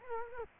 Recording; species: mosquito wingbeat signal from an infrared sensor; Culex quinquefasciatus